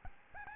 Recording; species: mosquito wingbeat signal from an infrared sensor; Aedes albopictus